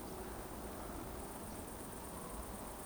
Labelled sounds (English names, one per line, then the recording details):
Eurasian Woodcock whistle
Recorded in Baden-Württemberg, Germany, on 23 June 2020 at 20:25 UTC
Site 14569, 102 m above sea level